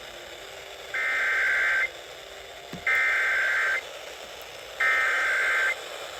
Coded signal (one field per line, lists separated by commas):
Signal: Emergency Alert System (SAME) tones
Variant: header bursts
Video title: Minnesota Minnesota Minnesota ￼ monthly test from October 2022￼￼￼ eas 504-522